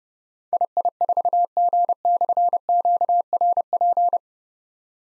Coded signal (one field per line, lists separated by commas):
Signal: Morse code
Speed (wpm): 30 wpm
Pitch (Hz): 700 Hz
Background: none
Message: II4G/QRP